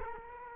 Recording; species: mosquito wingbeat signal from an infrared sensor; Culex quinquefasciatus